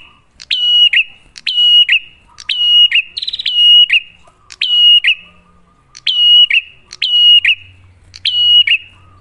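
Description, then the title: Bar-winged prinia giving a steady series of piercing whistled notes, each opening with a sharp click, roughly one per second, with a brief buzzing trill mid-series and faint low hum. Duet lure recording of clear-voiced, lively prinia song, made to get caged birds singing. "Pancingan Prenjak Gacor Suara Jernih."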